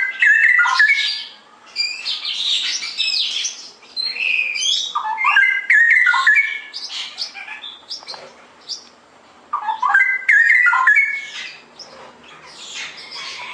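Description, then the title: Straw-headed bulbul song, clusters of mellow whistles with high buzzy chatter, pausing and resuming. Tutoring song (masteran) for caged birds; rapid, continuous singing (ropel gacor). "mster Mnuk. Masteran Burung CUCAK ROWO. Cucak Rowo Ropel Gacor"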